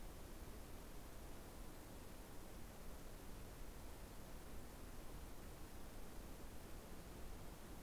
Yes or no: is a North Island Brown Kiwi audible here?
no